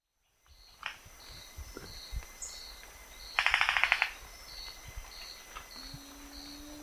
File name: Canto do jacu estalo de bico verde